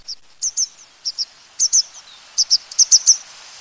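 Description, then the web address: Bird calls: short, high, thin chirps given singly or in quick pairs and triplets, about a dozen across the few seconds, over a faint steady background hiss. Recorded in Higashiosaka, Japan. "higashiosaka bird koe"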